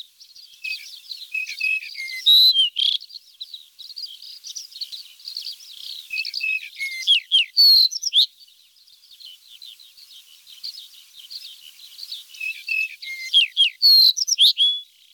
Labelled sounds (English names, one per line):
Yellow-breasted Bunting song